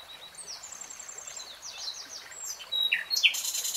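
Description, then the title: Nightingale song, soft high scattered notes and short sweeps, ending in a few louder sharp notes. Singing, heard in real time in a 3-hour recording. "[Tiếng chim hót] Nightingale Singing"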